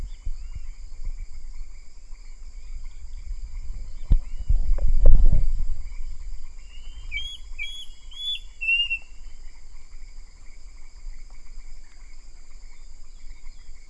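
Bird gives a brief run of quick high chirps after a loud low thump, set against a constant high-pitched hum.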